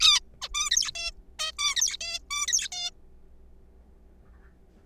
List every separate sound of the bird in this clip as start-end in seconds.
0.01-0.20, 0.42-0.48, 0.54-0.70, 0.71-0.92, 0.95-1.11, 1.39-1.51, 1.59-1.97, 2.01-2.19, 2.31-2.46, 2.48-2.69, 2.72-2.90